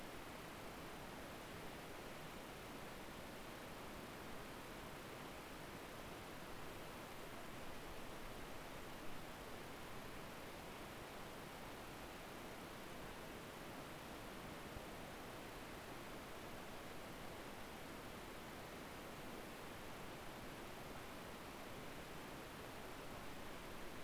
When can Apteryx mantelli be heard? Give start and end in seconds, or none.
none